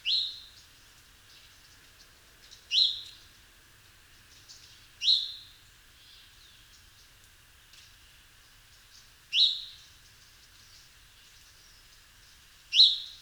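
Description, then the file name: House sparrow chirps: five single sharp notes given irregularly, every few seconds. "Passer domesticus"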